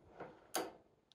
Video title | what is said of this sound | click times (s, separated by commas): Mars Occultation - Imaging tutorial (With camera and Telescope) | clicks right into place now you can adjust whatever angle you want that at | 0.5 s